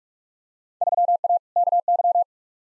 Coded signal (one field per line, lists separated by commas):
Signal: Morse code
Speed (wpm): 46 wpm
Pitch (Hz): 700 Hz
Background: none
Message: 3A KY